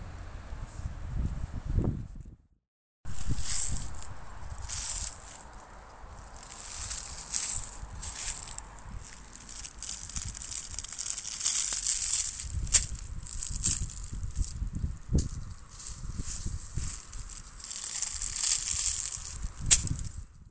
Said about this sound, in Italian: Camminando sento il suono, uno scricchiolio di foglie secche, è un rumore non morbido, un rumore un po' nervoso